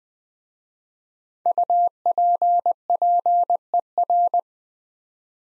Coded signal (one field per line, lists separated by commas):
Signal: Morse code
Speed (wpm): 20 wpm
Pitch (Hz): 700 Hz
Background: none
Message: UPPER